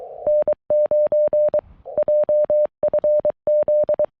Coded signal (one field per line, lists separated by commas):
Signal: Morse code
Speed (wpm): 22 wpm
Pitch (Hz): 590 Hz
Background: none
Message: N9JFZ